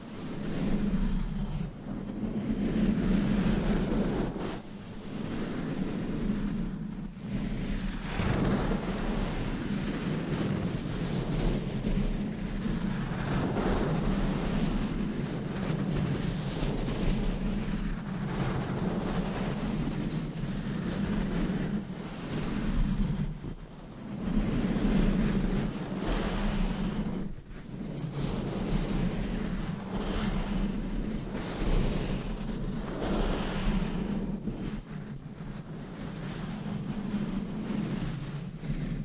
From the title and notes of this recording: ASMR Deep Mic Brushing , Scratching & Massage Asmr No Talking for Sleep with Long Nails.